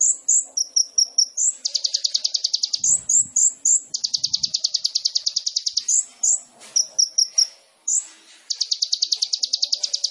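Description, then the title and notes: Sunbird song: very high sharp chips alternating with long rapid trills, repeated three times with brief pauses. Indonesian masteran training recording for songbirds; song with fills (isian) and shots (tembakan), described as gacor and suited as a lure (pancingan). "MASTERAN KOLIBRI NINJA FULL ISIAN DAN TEMBAKAN COCOK BUAT PANCINGAN. Suara Burung Kolibri Ninja Gacor"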